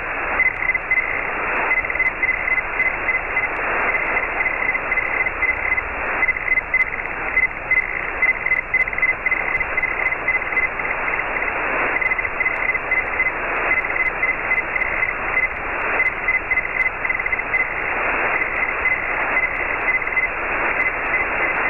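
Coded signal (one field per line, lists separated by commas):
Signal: Hellschreiber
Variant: Feld Hell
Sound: rapid buzzy on-off tone near 2 kHz, rhythmic stuttering, under steady hiss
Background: radio static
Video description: I screen captured this QSO with Scott, N0IU on 14.063 MHz. You will hear his audio, but not my audio while I am transmitting.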